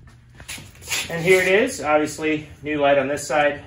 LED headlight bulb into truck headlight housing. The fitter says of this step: and it just pops right in